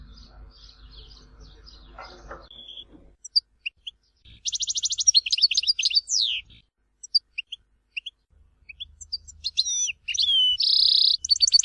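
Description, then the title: European goldfinch: twittering song, bright liquid trills and notes in bursts separated by pauses, with low background noise at the start and end. "Chant Chardonneret"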